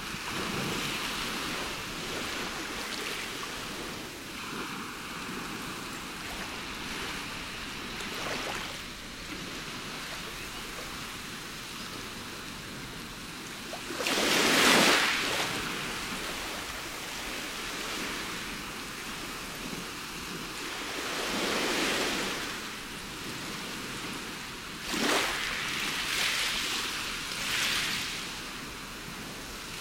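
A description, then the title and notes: Waves wash in over a steady hiss, with louder bright crashes breaking near fifteen, twenty-two and twenty-five seconds. The sound of the waves.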